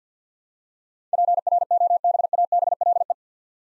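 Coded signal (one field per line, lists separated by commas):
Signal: Morse code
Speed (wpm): 48 wpm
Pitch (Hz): 700 Hz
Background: none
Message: PROBABLE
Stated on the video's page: Computer-generated head-copy drill of eight-letter words at 50 wpm, each sent in Morse, spoken, then sent again.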